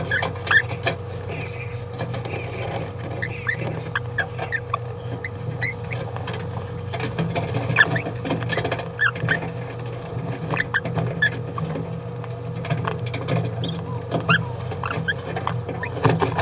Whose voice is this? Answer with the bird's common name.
Green-rumped Parrotlet